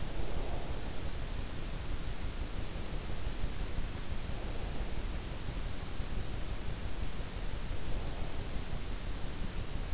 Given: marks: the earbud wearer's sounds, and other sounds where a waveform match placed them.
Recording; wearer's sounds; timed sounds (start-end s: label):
sounds in sleep by an in-ear microphone; breath
0.00-1.09 s: breath